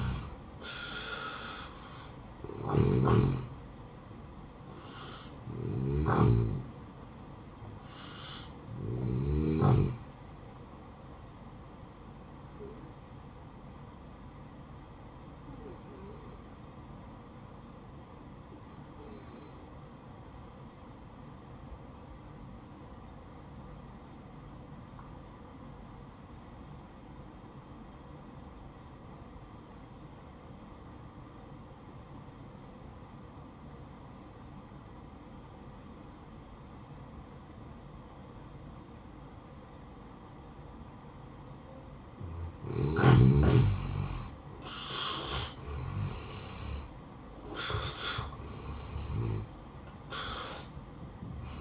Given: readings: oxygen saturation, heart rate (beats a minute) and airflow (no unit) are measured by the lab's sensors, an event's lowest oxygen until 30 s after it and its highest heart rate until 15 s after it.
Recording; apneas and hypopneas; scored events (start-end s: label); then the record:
breathing in sleep by a smartphone at the bedside; 1
1.00-31.00 s: new sleep stage, N1 (lightest sleep)
14.00-43.90 s: hypopnea (N1, oxygen 95% highest, then 83% lowest, heart rate 60 at the start, 76 highest)
31.00-51.61 s: new sleep stage, N2 (light sleep)
From the record:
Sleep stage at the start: N2 (light sleep); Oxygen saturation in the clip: 84 to 95%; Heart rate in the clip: 57 to 75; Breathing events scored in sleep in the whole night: 573 in 9.8 hours asleep